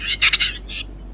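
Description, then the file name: Western capercaillie call: a short run of harsh, hissing rasps, the last one softer, all within about a second. Male; from a hunting lure caller. "глухарь М"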